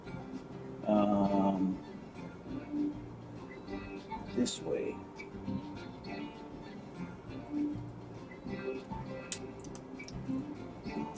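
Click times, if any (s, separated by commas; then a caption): none. A plastic ball joint from a kit is pressed into its socket with repeated small clicks, heard over background music while someone talks. The ball does not snap into place, and nothing has seated or clicked yet.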